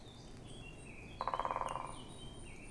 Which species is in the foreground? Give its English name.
Eurasian Blackcap